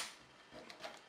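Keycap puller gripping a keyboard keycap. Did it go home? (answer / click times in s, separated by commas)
yes / 0.7 s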